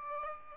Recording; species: mosquito wingbeat signal from an infrared sensor; Aedes albopictus